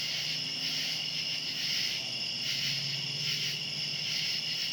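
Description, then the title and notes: Cicadas produce a continuous shrill chorus with slight swells in loudness. Cicadas recorded outdoors at night. "Ext. Cicadas, Night by Bandeto"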